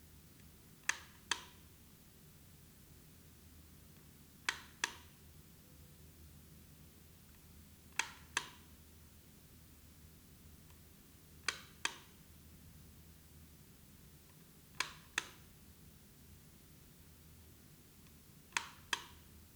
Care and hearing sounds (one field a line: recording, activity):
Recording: daily activity, guitar pickup as the sensor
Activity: operate light